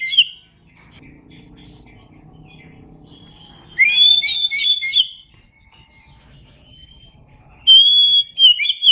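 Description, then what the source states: Oriental magpie-robin song in loud bursts of shrill, rapid whistles and chatter, with quiet stretches of faint high notes and a low background rumble between them. Known by the Indonesian name kacer; described as gacor, singing often and vigorously.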